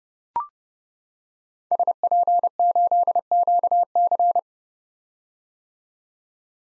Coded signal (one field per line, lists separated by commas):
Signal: Morse code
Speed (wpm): 30 wpm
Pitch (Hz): 700 Hz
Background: none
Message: SP8QC